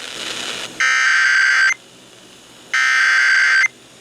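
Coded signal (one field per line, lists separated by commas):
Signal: Emergency Alert System (SAME) tones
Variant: header bursts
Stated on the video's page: EAS alerts from NWS Paducah.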